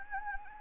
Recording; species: mosquito wingbeat signal from an infrared sensor; Anopheles gambiae